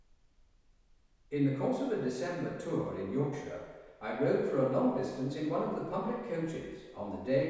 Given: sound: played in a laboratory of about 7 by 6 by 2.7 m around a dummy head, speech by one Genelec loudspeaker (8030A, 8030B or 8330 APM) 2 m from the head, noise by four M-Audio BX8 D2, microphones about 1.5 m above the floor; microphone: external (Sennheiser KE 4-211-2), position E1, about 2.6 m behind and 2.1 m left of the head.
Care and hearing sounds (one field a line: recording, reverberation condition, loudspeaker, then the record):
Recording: male speech in English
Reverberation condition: high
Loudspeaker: 90 degrees to the right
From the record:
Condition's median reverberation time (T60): about 1300 ms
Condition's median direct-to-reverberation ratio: about -4.0 dB